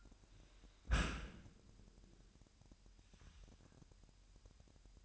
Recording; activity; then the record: daily activity, microphone in the room; close dishwasher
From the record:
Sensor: 2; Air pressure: 998.2 hPa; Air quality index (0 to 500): 146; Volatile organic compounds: 4 ppm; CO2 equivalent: 1656 ppm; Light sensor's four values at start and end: 11/32/13/12 and 11/32/13/12